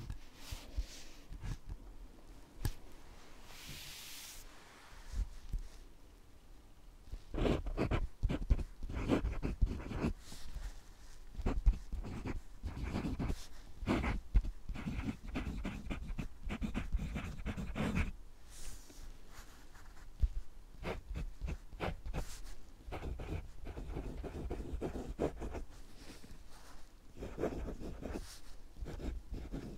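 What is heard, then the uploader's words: Pen writing on paper, with dense, irregular scratching strokes that come in bursts and short pauses throughout. Quieter stretches near the start and around the 5 and 19 second marks break up the steady scribbling, which has a soft, breathy texture. Pure Writing Sounds ASMR Satisfying • Glass • Fountain • Ballpoint • Gel.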